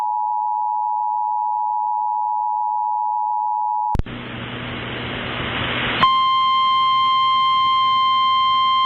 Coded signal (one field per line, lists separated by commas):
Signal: Emergency Alert System (SAME) tones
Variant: 853 and 960 Hz attention tone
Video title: Severe Thunderstorm Warning on WRVQ (EAS #570)